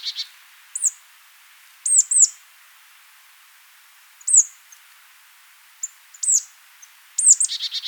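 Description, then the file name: Marsh tit calls: high, explosive, down-curving notes, often paired, given in bursts throughout, some followed by brief buzzy notes, with quiet gaps between. "Poecile palustris"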